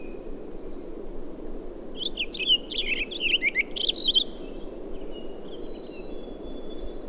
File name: Townsend's Solitaire